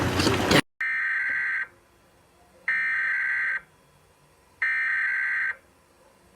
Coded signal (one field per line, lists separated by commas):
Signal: Emergency Alert System (SAME) tones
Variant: header bursts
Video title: EAS scenario:￼ it lurks in the darkness